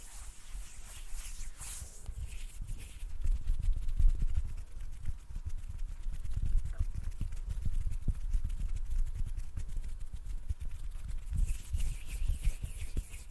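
Hands rub and scrape in a dense, continuous rustle, full of quick crackles and tapping clicks with a heavy low thump underneath. Brighter hissing swishes stand out in the first two seconds and again near the end, while the middle stays thick and busy.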